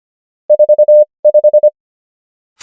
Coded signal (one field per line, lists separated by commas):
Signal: Morse code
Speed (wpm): 25 wpm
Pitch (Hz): 600 Hz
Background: none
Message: 45